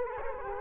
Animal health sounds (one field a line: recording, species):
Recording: mosquito wingbeat signal from an infrared sensor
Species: Culex quinquefasciatus